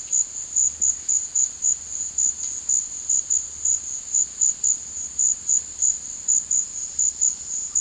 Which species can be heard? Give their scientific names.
none